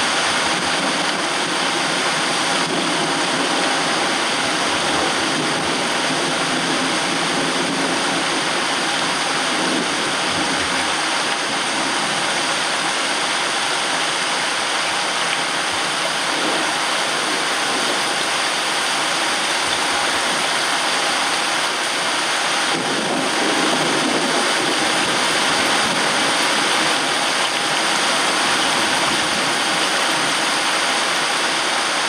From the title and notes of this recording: Sound of thunder against the backdrop of a rain shower. Thunder Storm Sound.